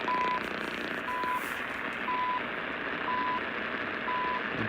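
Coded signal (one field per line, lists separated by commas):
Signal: radio time signal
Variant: CHU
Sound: five short 1 kHz ticks, one per second, in steady hissing static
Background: radio static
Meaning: Each tick marks one second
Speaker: this is uh chu canada the same thing time cap time atomic clock but it's not wwv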